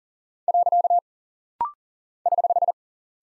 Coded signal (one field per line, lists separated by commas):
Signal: Morse code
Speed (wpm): 39 wpm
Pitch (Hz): 700 Hz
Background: none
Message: . <HH>